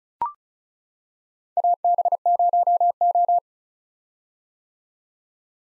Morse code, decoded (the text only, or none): AB0O